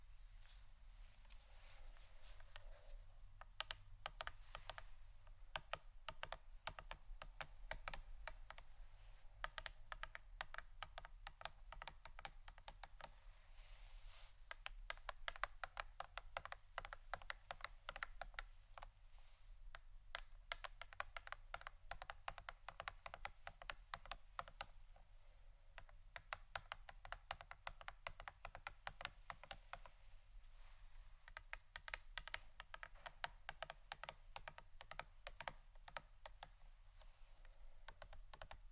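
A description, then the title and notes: Rapid, continuous tapping with sharp bright clicks packed closely together, like fingers drumming on a hard surface or keys. The pace stays dense throughout with small bursts and brief thinner moments, over a steady low hum underneath. ASMR Pure Tapping （No Talking）.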